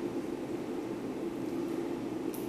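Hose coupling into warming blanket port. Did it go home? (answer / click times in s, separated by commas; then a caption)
no / none. A water hose quick-connect coupling is pushed toward a port on a hot water circulating blanket. A steady broadband hum with a low tonal band fills the clip and no distinct snap stands out. Nothing has seated or clicked yet.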